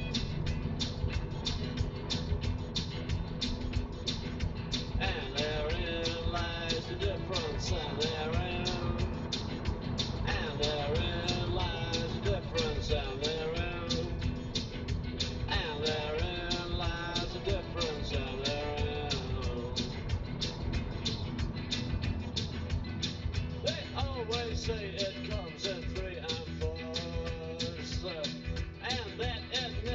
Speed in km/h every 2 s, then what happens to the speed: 55, 55, 53, 58, 58, 56, 55, 56, 56, 55, 35, 16, 2, 0, 0.
0-18 steady at about 55. 18-24 brakes to 2. 24-30 standing.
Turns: none.